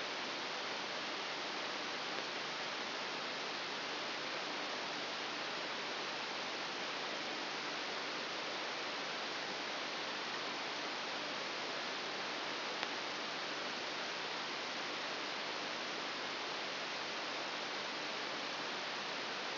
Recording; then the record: brain microelectrode recording played as sound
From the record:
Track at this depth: inside the subthalamic nucleus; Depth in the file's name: 1.806 mm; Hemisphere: right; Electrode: 3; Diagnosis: Parkinson's disease